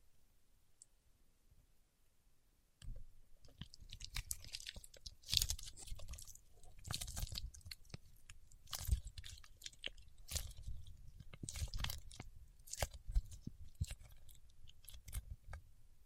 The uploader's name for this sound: Paraffin Wax Peeling, Tapping and Scratching